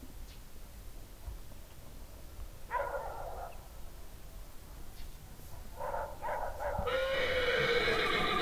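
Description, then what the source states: Horse neighing: a few calls at intervals, ending in a longer, louder whinny lasting more than a second. Horses in a farmyard calling to each other, as in a dialogue.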